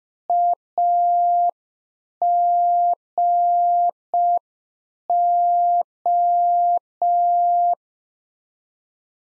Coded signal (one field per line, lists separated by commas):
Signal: Morse code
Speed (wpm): 5 wpm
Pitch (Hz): 700 Hz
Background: none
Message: AGO